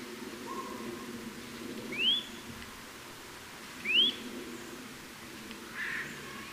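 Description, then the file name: Eurasian nuthatch calls: two sharp, rising whistled notes about two seconds apart, with a fainter, rougher note near the end over a low steady background hum. "Sitta europaea"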